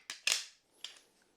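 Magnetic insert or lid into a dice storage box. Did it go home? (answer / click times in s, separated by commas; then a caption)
yes / 0.3 s. A magnetic insert or lid is pressed into place in a wargaming dice storage box and seats snugly with a click. A short tap at 0.1 s is followed by the loudest, bright snap at 0.3 s, then a fainter click at 0.8 s. The piece ends up fully seated in the box.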